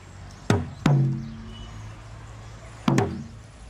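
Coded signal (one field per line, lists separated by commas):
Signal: talking drum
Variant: Asante atumpan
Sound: low resonant drum strokes with bending pitch, two quick pairs separated by a pause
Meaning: Calls Gus, the presenter, to come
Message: Gus come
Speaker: do Gus again please do Gus [Music]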